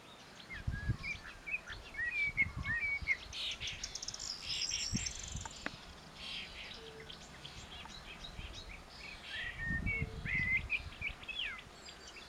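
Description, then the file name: Common blackbird giving scattered warbled notes amid busy high chirps and trills, with intermittent low rumbling. "Turdus merula"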